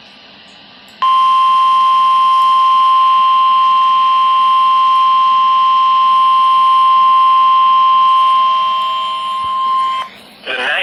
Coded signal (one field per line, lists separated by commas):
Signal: Emergency Alert System (SAME) tones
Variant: 1050 Hz attention tone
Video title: EAS: Severe Thunderstorm Warning (7/21/19)(EAS #161)